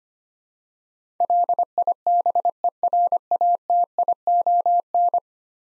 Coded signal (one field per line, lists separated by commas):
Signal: Morse code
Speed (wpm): 25 wpm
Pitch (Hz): 700 Hz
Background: none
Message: LIBERATION